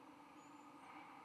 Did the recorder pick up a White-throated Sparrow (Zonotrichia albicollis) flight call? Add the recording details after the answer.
no. No flight call is heard. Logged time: 11:32 on 13 November 2014